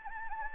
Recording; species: mosquito wingbeat signal from an infrared sensor; Anopheles gambiae